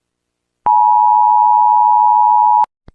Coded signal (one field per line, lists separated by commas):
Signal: Emergency Alert System (SAME) tones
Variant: 853 and 960 Hz attention tone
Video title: World war Heaven( EAS Scenario)